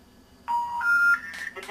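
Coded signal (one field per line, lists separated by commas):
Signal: telephone call progress tone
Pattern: special information tone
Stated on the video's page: 2600 Hz tone sent from bluebox software on a cell phone to a simulation of analog SF/MF telephone signaling.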